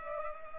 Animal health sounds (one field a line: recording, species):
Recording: mosquito wingbeat signal from an infrared sensor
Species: Culex pipiens